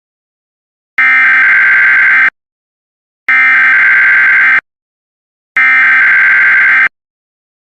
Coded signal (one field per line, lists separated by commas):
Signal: Emergency Alert System (SAME) tones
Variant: header bursts